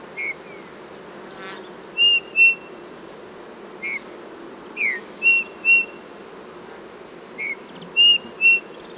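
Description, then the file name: Eurasian bullfinch giving soft, piping whistled calls, mostly short level notes with one falling note, in small clusters every few seconds, mixed with brief harmonic-rich notes. "Pyrrhula pyrrhula"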